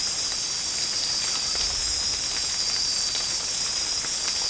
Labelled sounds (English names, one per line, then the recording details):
none
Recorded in secondary vegetation near Puerto Asís, Putumayo, Colombia, on 8 March 2025 at 02:00
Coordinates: 0.485, -76.322
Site G040